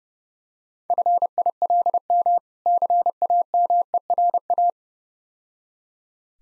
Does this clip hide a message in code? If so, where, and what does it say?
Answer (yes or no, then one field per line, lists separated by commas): yes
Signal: Morse code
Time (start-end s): 0.9-4.7 s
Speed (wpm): 29 wpm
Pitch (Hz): 700 Hz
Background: none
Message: FILM CAMERA